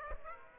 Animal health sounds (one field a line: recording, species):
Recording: mosquito wingbeat signal from an infrared sensor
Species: Aedes aegypti